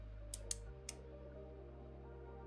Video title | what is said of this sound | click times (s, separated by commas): [Model Kit Build] # 37 Infinite Dimension Nemesis pt6 [#dragonvtuber ] | Well, I heard clicky click, so we'll assume that's how it's supposed to go. | 0.3 s, 0.5 s, 0.9 s